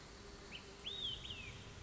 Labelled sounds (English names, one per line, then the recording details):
Olive-sided Flycatcher
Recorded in Sonoma County, California